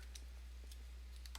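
A plastic replacement keyboard is thumbed into position on an IBM ThinkPad X60 laptop chassis after a failed first try, with a few faint tapping and handling sounds at about 0.2, 0.7, 1.3 and 1.4 seconds over a steady low hum. The keyboard has not clicked into place or seated yet.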